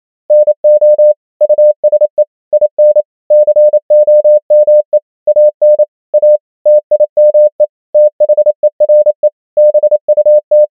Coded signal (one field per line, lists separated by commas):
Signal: Morse code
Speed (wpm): 28 wpm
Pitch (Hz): 600 Hz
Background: none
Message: NO USE IN COME AN A TIME THERE BUT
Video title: morse code practice | 28wpm | 100 most common words | ENGLISH